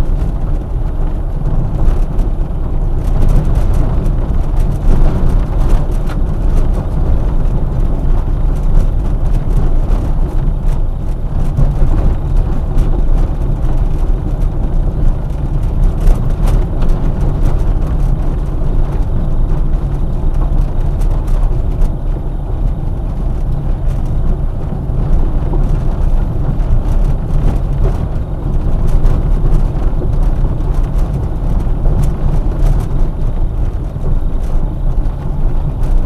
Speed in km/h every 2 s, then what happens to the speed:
23, 23, 24, 23, 21, 22, 23, 24, 23, 22, 22, 23, 22, 23, 23, 21, 20, 19.
0-36 steady at about 23.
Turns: none.